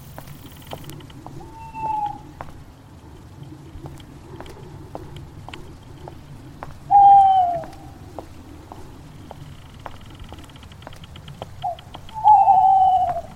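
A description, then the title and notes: Night ambience of low steady rumble, scattered faint ticks, and three drawn-out whining animal calls near two, seven and twelve seconds. Horror night ambience.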